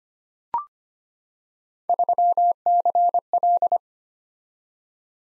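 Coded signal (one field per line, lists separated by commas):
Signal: Morse code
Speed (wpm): 25 wpm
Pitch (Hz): 700 Hz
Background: none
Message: 3CL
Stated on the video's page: Morse practice drill of random three-character letter and number groups at 25 wpm, each sent twice for head-copy.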